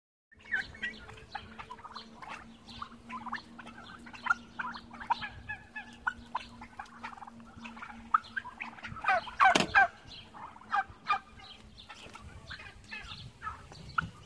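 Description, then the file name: Domestic turkeys calling in a busy flock, dense overlapping yelps and chatter, one loud burst later on, a low steady hum underneath. "Puten"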